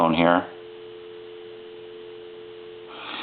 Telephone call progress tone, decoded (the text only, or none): dial tone